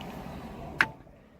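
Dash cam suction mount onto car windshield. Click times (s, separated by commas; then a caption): 0.8 s. A Vantrue N2 dual dash cam's suction mount is pressed against a car windshield by its knob and turned to the right to lock it. Over low background noise, a sharp, loud snap rings out at 0.8 s, and the mount is locked in place on the windshield.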